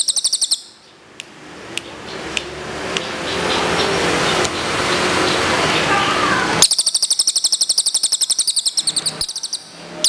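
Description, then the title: Bird song: a short burst of fast high chirps, a stretch of broad noise, then a longer rapid chirping trill that breaks off briefly and resumes. "SUARA BURUNG"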